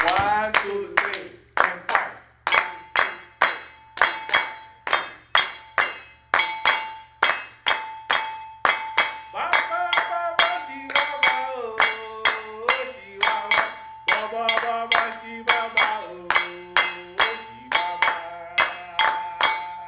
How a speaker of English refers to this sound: And then it's going to be 1, 2, 3, and 5. 1, 2, 3, and 5. 1, 2. So clap. Do your clapping.